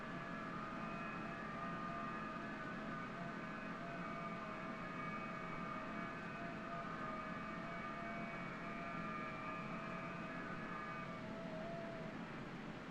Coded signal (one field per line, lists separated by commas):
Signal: FT8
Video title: FT8 QRP 20 and 40 meters #hamradio #ft8